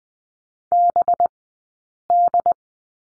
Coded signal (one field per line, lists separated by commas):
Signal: Morse code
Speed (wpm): 20 wpm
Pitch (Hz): 700 Hz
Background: none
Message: BD